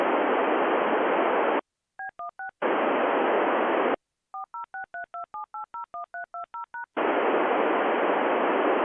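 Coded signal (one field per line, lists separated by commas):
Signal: DTMF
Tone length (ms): 130 ms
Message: B16 406327801320#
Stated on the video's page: DTMF APRStt and packet downlink from the NO-104 (PSAT-2) satellite, with its digitalker.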